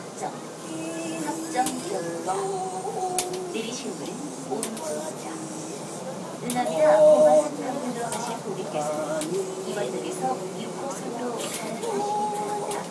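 A man sings as he walks down the carriage of a Seoul subway train, his voice holding drawn-out, wavering notes that rise and fall throughout. The singing swells loudest around the middle, with sharp clicks and knocks from the carriage scattered through.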